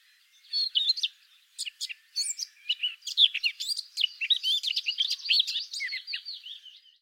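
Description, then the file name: Eurasian blackcap song: a dense, hurried warble of chattering and whistled notes that keeps going steadily to the end. "Sylvia atricapilla"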